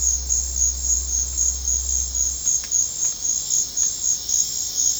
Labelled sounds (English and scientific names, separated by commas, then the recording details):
none
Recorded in secondary vegetation near Puerto Asís, Putumayo, Colombia, on 9 March 2025 at 15:00
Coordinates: 0.484, -76.319
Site G010